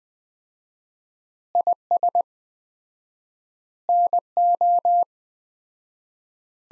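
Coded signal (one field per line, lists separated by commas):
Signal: Morse code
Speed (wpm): 20 wpm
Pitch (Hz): 700 Hz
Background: none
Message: IS NO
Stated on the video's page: Morse practice at 20 wpm: sentences from the top 100 words, sent with 4x standard word spacing, a word-level analogue of Farnsworth spacing.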